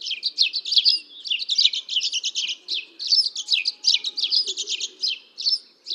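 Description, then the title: Dead Sea sparrow song, a rapid stream of high chirps and twittering notes in bursts, nearly continuous with brief pauses. "Aplikasi Suara Burung. Dead Sea Sparrow (Passer moabiticus)"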